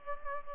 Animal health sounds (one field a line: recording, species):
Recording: mosquito wingbeat signal from an infrared sensor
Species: Culex pipiens